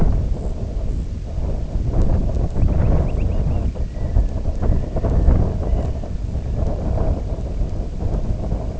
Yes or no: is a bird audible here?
yes